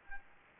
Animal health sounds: mosquito wingbeat signal from an infrared sensor; Aedes aegypti

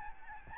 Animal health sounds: mosquito wingbeat signal from an infrared sensor; Aedes albopictus

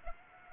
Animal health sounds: mosquito wingbeat signal from an infrared sensor; Aedes aegypti

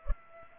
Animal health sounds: mosquito wingbeat signal from an infrared sensor; Culex pipiens

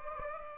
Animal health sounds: mosquito wingbeat signal from an infrared sensor; Aedes aegypti

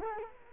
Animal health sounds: mosquito wingbeat signal from an infrared sensor; Culex quinquefasciatus

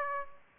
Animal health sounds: mosquito wingbeat signal from an infrared sensor; Aedes aegypti

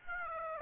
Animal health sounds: mosquito wingbeat signal from an infrared sensor; Aedes aegypti

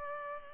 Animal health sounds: mosquito wingbeat signal from an infrared sensor; Culex pipiens

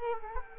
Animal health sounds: mosquito wingbeat signal from an infrared sensor; Culex quinquefasciatus

